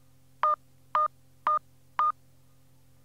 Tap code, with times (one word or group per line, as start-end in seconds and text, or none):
none